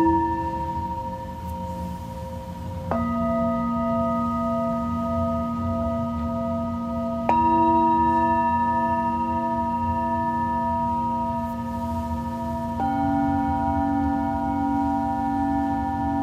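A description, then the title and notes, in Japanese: Tibetan singing bowls ring in long, steady overlapping tones, with new strikes near three, seven and thirteen seconds adding brighter layered pitches. 深夜のシンギングボウルのサウンドヒーリング。チベタンシンギングボウル。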